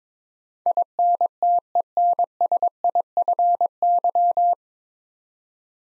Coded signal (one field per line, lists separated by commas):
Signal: Morse code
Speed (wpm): 22 wpm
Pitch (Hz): 700 Hz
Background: none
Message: INTENSIFY